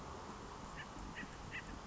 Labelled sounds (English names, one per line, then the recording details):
Acorn Woodpecker
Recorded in Sonoma County, California